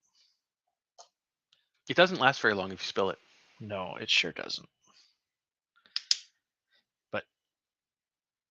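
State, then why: Seated. Someone talks while pressing a 3D-printed PLA part of a Toymakr3d "Atomic Dragon" model into its mating printed part during assembly with glue. Two sharp clicks at 6.0 s and 6.1 s show the printed parts clicking together and seating.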